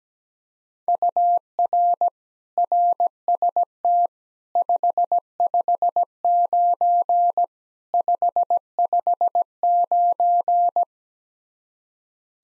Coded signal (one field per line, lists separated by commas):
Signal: Morse code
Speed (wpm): 17 wpm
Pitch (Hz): 700 Hz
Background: none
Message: UR RST 559 559